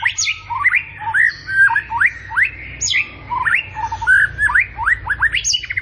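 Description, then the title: White-rumped shama song: a rich, fast run of whistled phrases, many sharply rising or falling notes, with barely a pause across six seconds, over a low steady hum. Morning song used as a lure to prompt captive white-rumped shamas into active singing; described as rich fill-in song ('isian mewah'). "PANCINGAN MURAI BATU. PAGI HARI! MURAI BATU GACOR ISIAN MEWAH"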